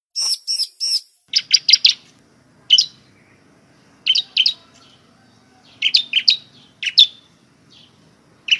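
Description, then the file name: Prinia song: short bursts of high, squeaky chirps in scattered phrases, with thin, very high notes at the start. Song style named "semi". "suara burung ciblek semi"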